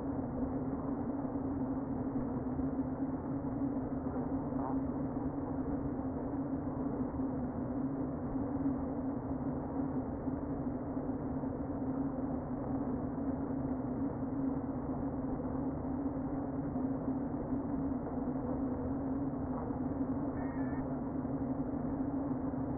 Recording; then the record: honeybee colony, microphone inside the hive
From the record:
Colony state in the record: queen present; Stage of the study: before two queens were removed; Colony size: about 60,000 bees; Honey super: yes